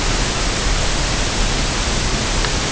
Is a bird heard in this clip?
no